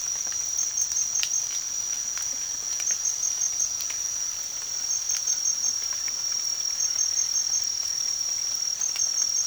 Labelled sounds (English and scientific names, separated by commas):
none